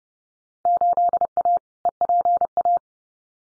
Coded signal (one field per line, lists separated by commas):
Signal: Morse code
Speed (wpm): 30 wpm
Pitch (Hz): 700 Hz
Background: none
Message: 8A EPA